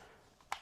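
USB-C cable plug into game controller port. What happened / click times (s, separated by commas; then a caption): A small plug clicks home into its port / 0.5 s. The USB-C end of the long cable that comes with a GameSir G7 SE controller is pushed into the controller's charging port. A soft tap at 0.4 s is followed by a sharp, short click at 0.5 s as the plug seats in the port.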